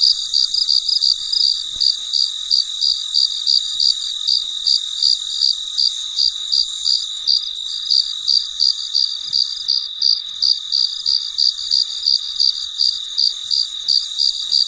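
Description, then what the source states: Rhythmic cricket chirps, quick high pulses repeated without pause, set against a constant high-pitched hiss. Recorded late at night, very quiet surroundings.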